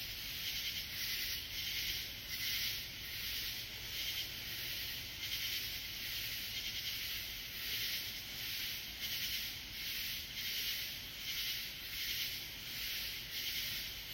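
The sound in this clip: Katydid calling, a raspy, high-pitched pulse repeated about every half second to second over a continuous background hiss.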